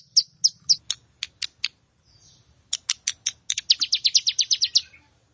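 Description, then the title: Plain prinia song: spaced buzzy notes, then a brief gap, then a faster rhythmic run of bright, rasping notes near the end. "Ciblek Sawah"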